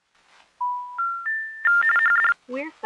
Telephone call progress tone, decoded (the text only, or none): special information tone